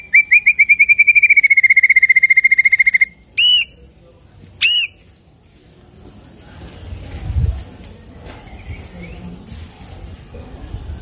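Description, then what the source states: White-rumped shama song: a fast, steady series of whistled notes for about three seconds, two strong notes after, then soft rustling. Actively singing bird used as a lure to provoke a response from other birds.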